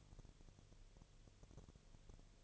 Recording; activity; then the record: daily activity, microphone in the room; no activity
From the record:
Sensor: 4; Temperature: 22.4 degrees Celsius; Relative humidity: 31.0%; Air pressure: 1004.1 hPa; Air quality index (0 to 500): 85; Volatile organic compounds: 1 ppm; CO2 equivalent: 769 ppm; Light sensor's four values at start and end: 2/3/1/1 and 2/3/1/1